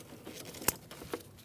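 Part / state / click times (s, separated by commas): fog light wiring connector into fog lamp socket / seated / 0.7 s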